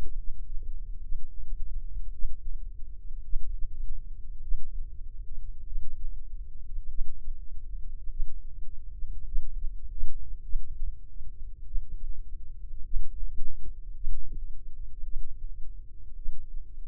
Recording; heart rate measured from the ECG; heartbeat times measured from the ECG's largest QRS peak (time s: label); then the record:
heart sounds by microphone in the left ear; 51 bpm
0.98 s: heartbeat
2.09 s: heartbeat
3.21 s: heartbeat
4.40 s: heartbeat
5.63 s: heartbeat
6.86 s: heartbeat
8.06 s: heartbeat
9.23 s: heartbeat
10.40 s: heartbeat
11.62 s: heartbeat
12.80 s: heartbeat
13.92 s: heartbeat
15.01 s: heartbeat
16.14 s: heartbeat
From the record:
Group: healthy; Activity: Valsalva maneuver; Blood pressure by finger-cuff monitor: 100/67 mmHg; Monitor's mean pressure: 75 mmHg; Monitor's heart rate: 51 bpm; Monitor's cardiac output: 3.8 L/min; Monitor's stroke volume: 75 mL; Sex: female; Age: 36 years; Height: 163 cm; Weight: 88 kg